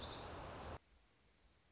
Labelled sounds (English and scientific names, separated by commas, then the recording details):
Dark-eyed Junco (Junco hyemalis)
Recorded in Sonoma County, California